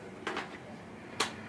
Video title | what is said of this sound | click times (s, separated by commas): HP ENVY x2 Hands on Preview HP's Awesome New Tablet Notebook Hybrid with Windows 8 | the pins then engage. The magnets actually engage the pins, and the pins click into place. | 1.2 s